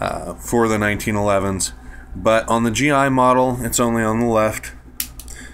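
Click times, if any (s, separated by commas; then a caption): 5.0 s. Someone talks while the steel thumb safety lever, mounted only on the left side of the frame of a stainless Springfield 1911 A1 Milspec GI pistol, is flipped into its engaged position. It seats with a sharp, firm detent click at 5.0 s, followed by quieter clicks as it is flipped back out.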